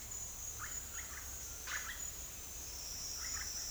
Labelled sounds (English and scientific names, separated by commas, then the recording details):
none
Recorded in dense forest near Puerto Asís, Putumayo, Colombia, on 8 March 2025 at 10:00
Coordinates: 0.503, -76.323
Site GP09